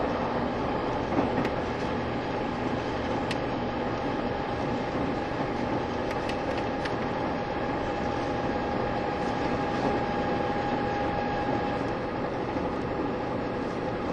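A Taiwan Railway EMU1200 electric train races along, its nose-suspended traction motors giving a steady, droning whine with a sustained tone around the middle pitch. Dense rumbling and rattling from the wheels stay constant throughout, with a few sharp clicks and squeaks scattered across.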